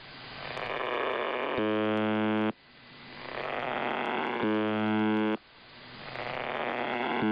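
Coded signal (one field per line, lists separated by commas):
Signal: channel marker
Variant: UVB-76 (The Buzzer)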